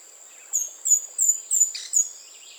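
Speckled spinetail calling: five thin, very high, slightly descending notes about a third of a second apart, over a steady high-pitched whine.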